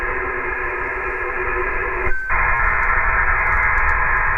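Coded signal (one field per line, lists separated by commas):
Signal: HF data modem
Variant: HFDL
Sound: steady wideband rushing data hiss, briefly dropping out, then resuming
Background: radio static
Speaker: Let's check out the sound of the HFDL, which is used to track airplanes. And this is a recording that I made myself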